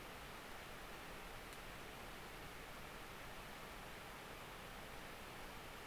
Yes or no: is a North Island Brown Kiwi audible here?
no